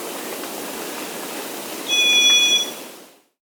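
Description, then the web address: White-eared solitaire: a lone, even, high-pitched ringing tone near the end, held roughly three quarters of a second after steady background hiss. Recorded in South America. "S America White-Cheeked Solitaire"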